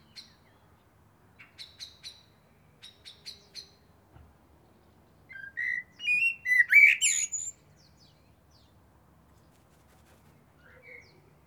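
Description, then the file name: Eurasian blackbird: soft high ticking notes in small clusters, then a short warbled whistle ending in a thin, strained squeaky flourish. "Turdus merula"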